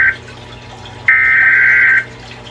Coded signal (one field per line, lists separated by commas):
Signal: Emergency Alert System (SAME) tones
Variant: header bursts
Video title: Love canal channel #2 the test of the eas